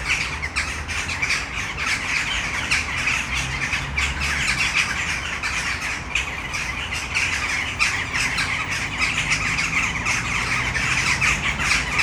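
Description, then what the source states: Western jackdaw flock giving a dense, continuous chatter of short, sharp squawking calls, overlapping without pause, over a low rumble. Flock in a tree, city centre of Brno, Czech Republic, Malinovského square, at sunset.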